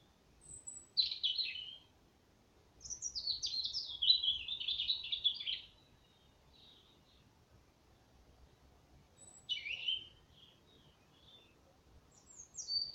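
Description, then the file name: European robin song: high, silvery phrases with a thin opening note, one long, rippling warble of quick trills, then a shorter phrase and a fresh start near the end. "Erithacus rubecula"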